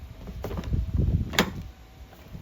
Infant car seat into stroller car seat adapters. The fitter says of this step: Then to pop your car seat on, make sure it clicks on both sides.